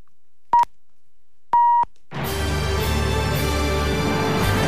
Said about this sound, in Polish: Za chwilkę będzie sygnał czasu i północ. 6 lipca 2014.